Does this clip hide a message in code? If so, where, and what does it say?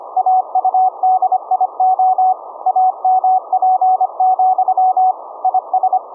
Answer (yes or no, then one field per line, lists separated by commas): yes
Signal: Morse code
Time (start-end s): 0.2-6.0 s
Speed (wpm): 25 wpm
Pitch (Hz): 750 Hz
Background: none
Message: AUDIO AMP, IS